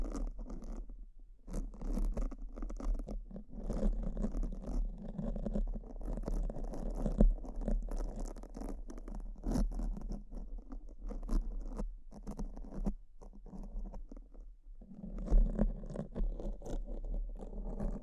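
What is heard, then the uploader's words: Continuous scratching fills the recording, a dense low-to-middle rasp with frequent sharper strokes cutting through. The rubbing swells and eases in uneven bursts, with brief quieter gaps around 1, 12 and 14 seconds. A steady low hum sits underneath throughout. ASMR S E N S I T I V E Brain Scratch (No Talking).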